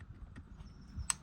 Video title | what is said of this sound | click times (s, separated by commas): I bought the cheapest Seat Ibiza in the UK! | The second reassuring click. | 1.1 s